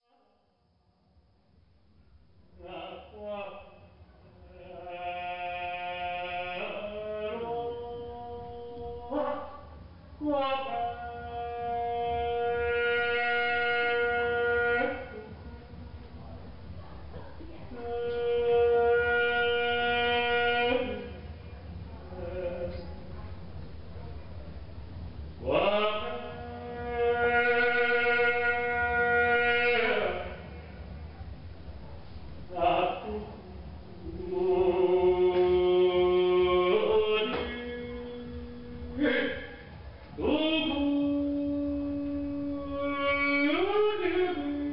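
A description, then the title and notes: A male soloist sings in a live performance of traditional Chinese music, holding long, wavering notes with slow slides between pitches. His phrases come in bursts of several seconds separated by short pauses, over a steady low hum. The Naxi Ancient Music Orchestra performing live (male soloist) in Lijiang, China.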